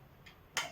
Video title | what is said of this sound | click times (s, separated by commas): Warmex Garment Steamer PGS-05 Perfect Unboxing and Review | ഇവിടെ lock sound കേൾക്കാം. | 0.6 s